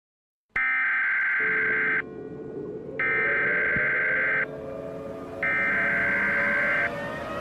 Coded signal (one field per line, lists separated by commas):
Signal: Emergency Alert System (SAME) tones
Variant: header bursts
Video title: EAS scenario the underlight virus *reuplouded*